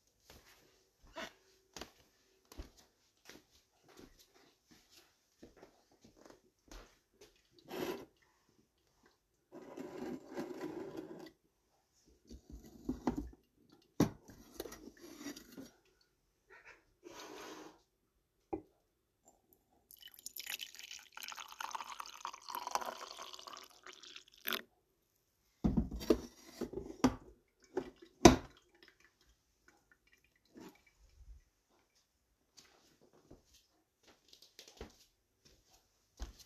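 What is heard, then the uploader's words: Sparse morning activity with scattered clicks, clatter and shuffling, a brief meow-like burst near ten seconds, and a longer rustling, hissing stretch around twenty seconds. From winter in Sweden.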